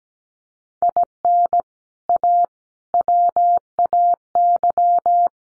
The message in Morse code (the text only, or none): IN A WAY